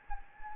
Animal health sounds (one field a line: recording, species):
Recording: mosquito wingbeat signal from an infrared sensor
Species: Anopheles gambiae